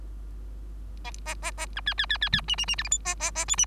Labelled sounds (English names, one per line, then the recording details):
Bengalese Finch song
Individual Bird3